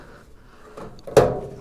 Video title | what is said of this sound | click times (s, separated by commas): How to troubleshoot and repair your Torpedo Heater Century & ProTemp Part 2 | should snap into place just like that | 1.2 s